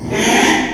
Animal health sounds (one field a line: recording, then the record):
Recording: squeal of a Yucatan mini pig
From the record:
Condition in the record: after surgery on the right vocal fold (resection and tissue-engineered implant)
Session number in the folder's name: 3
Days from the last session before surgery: 33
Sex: male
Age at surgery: 12 weeks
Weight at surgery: 13 kg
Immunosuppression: cyclosporine, prednisolone